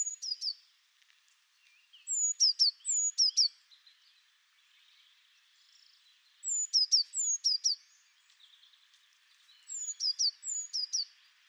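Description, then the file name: Eurasian blue tit calling in short bursts of three or four high, thin, downward-flicking notes, repeated about every four seconds over a faint steady hiss. "Cyanistes caeruleus"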